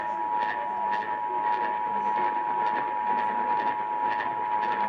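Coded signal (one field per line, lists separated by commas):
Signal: Emergency Alert System (SAME) tones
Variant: 853 and 960 Hz attention tone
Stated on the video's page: Required Monthly Test originated by a radio station, with relays caught from other stations.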